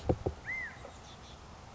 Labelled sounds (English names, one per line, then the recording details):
California Quail
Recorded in Sonoma County, California